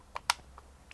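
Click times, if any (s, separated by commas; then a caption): 0.3 s. The plastic battery cover is pushed back onto the back of a clock camera's housing and snaps into place with a sharp, loud click at 0.3 s. A softer tick comes just before it, and faint light clicks follow. The cover is seated.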